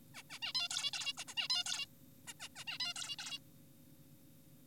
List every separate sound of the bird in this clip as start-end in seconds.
0.15-0.23, 0.30-0.39, 0.42-0.53, 0.55-0.69, 0.71-0.91, 0.93-1.13, 1.18-1.24, 1.28-1.34, 1.37-1.48, 1.50-1.64, 1.66-1.86, 2.27-2.33, 2.40-2.49, 2.56-2.64, 2.67-2.78, 2.80-2.94, 2.96-3.16, 3.19-3.39